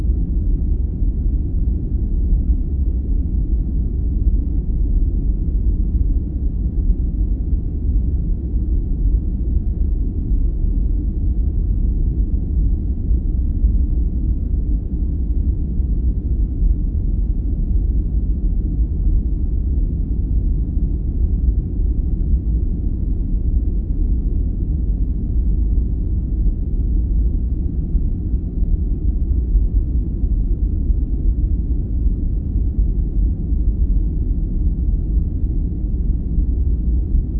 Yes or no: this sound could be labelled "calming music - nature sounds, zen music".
no